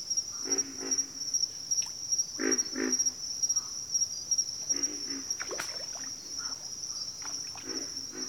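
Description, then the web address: Pig frog: guttural grunts in pairs and small groups among several calling frogs, with a bright insect trill and a brief sharp click in the background. Recorded in a bayou; several pig frogs calling. "Echoes of Nature - Bayou 02 Pig Frogs"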